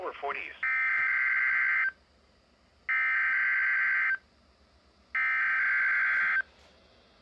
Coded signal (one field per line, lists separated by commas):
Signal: Emergency Alert System (SAME) tones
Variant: header bursts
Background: speech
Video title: Required Weekly Test KXI79 10/21/20 (EAS #90)